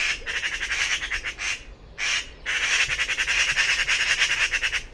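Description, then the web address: Bird calling in hoarse, buzzy pulses in long runs broken by two brief pauses. "cianscape birddata Deverinetal"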